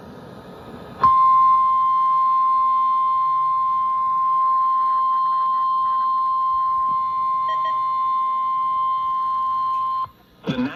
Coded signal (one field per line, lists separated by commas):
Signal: Emergency Alert System (SAME) tones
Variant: 1050 Hz attention tone